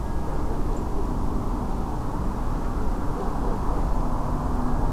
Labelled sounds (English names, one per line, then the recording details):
Song Thrush
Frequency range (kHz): Song Thrush 6.8-7.8 kHz
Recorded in France